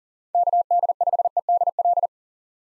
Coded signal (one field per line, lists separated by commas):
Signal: Morse code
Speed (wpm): 40 wpm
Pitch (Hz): 700 Hz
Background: none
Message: KD5EDL